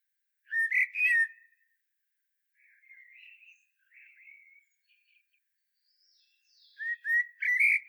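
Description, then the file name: Common blackbird song: a loud fluty whistled phrase, soft warbling twitters in the middle, then another loud whistled phrase at the end. "Turdus merula"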